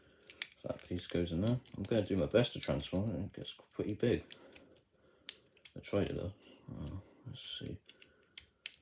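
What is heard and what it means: A plastic piece is fitted onto a Transformers Legacy Motormaster (2022) transforming robot toy while someone talks, with light plastic clicks and handling noises throughout. Two sharp snaps at 8.4 s and 8.7 s mark the piece attaching and seating in place.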